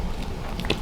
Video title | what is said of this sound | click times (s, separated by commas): S.H. Figuarts Freddie Mercury Action figure by Bandai | They do snap in very tight, very secure, and you'll feel them pop in place | 0.7 s